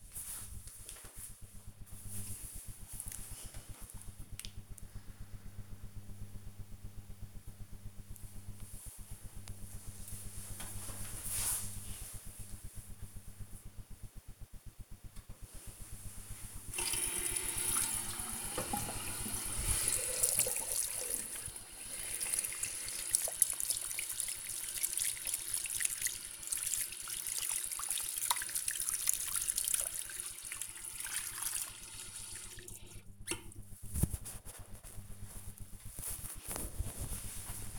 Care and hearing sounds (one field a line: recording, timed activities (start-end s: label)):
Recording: household activities, microphone on the right wrist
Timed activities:
14.24-35.41 s: washing hands